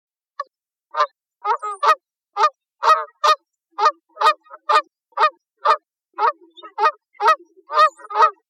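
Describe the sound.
Canada goose giving harsh, nasal honks in a steady, loud series against a silent background.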